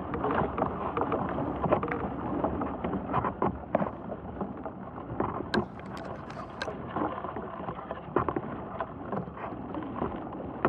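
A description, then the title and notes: Sound from inside an ash tree: a dense, continuous crackle of small ticks and knocks over a deep, muffled rumble, dull in tone. Sharper, brighter clicks stand out around the middle, near six seconds, and again late in the clip. The interior sound world of ash trees, Fraxinus excelsior .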